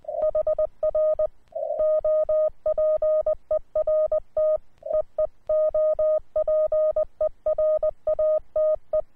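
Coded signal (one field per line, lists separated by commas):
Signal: Morse code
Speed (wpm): 20 wpm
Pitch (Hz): 620 Hz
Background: none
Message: HR OPERT EE OPERATE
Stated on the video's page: QRP CW from a uSDX rig.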